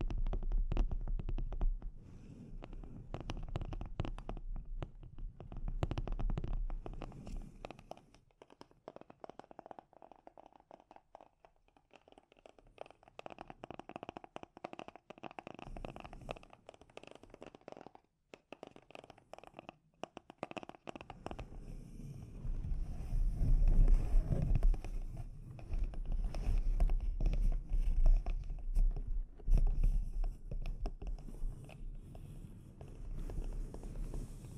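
Delicate microphone scratching and tapping, a dense run of soft rustles and quick ticks, thinning out mid-clip and swelling into heavier low rubbing near the end.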